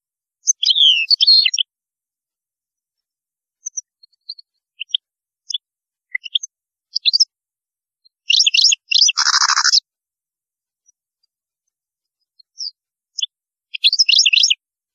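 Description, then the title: European goldfinch song: a liquid twittering burst, scattered single chips, then rapid twitters and a rasping buzzy note before a final twittering flourish. "Chant Chardonneret"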